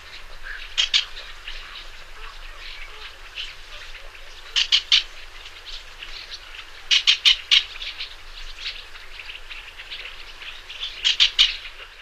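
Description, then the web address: Clapper Rail calls: short clusters of two to four dry, clacking kek notes, repeated several times over a steady background hiss. "Songs of Birds of North America Stokes. Clapper Rail"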